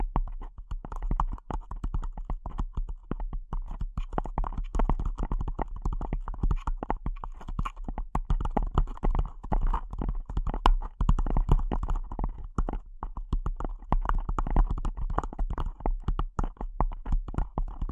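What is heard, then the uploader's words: Delicate tapping, a dense, uneven stream of light clicks and knocks running steadily throughout, with occasional sharper taps and a low hum underneath. ASMR Delicate Tapping (No Talking).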